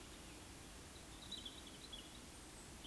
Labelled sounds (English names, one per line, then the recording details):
Eurasian Woodcock whistle
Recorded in Baden-Württemberg, Germany, on 13 June 2021 at 19:54 UTC
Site 23718, 552 m above sea level